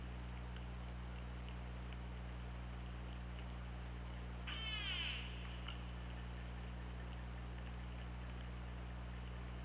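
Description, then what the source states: Orca call: a single harmonic pulsed call midway through, with curving, descending bands, over constant low hum and faint ticking. Recorded by OrcaLab hydrophone, 24 August 2017 at 23:41.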